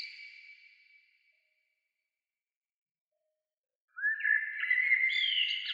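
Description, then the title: Bird song: a fading whistled phrase near the start, then about three seconds of silence before a new bright phrase of rising and stepped whistled notes. "Oiseaux"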